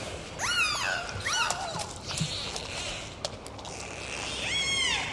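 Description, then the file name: Dolphin whistles: rising and falling harmonic sweeps near the start and again at the end, with scattered clicks over a hissing watery background. "Zvuki prirody - Delfiny"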